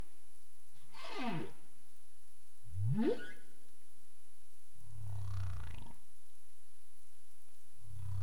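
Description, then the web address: Humpback whale sounds: a descending sweep and a rising upsweep in turn, then deep low grunts recurring, all against constant low underwater noise. Caribbean, recorded 27 April 2035 at 22:05 UTC. "CARIMAM clean data humpback whale"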